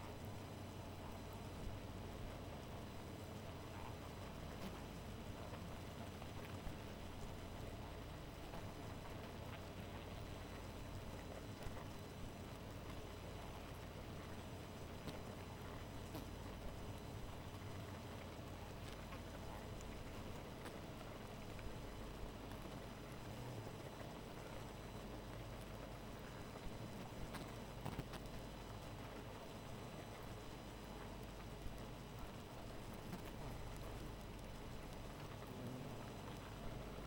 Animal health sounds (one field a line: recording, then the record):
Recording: honeybee colony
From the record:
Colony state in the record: missing queen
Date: 14 July 2017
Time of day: 2:16